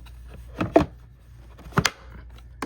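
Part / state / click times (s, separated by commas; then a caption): dust bin into upright vacuum body / seated / 1.9 s. The emptied plastic dust bin of a Fantom Thunder upright vacuum is lined up with one hand and pushed back onto the vacuum body, with soft knocks around 0.6 and 0.8 s. A sharp double hit follows, and the loudest snap at 1.9 s is the latch as the bin clicks into place, seated. A faint tick sounds near 2.6 s.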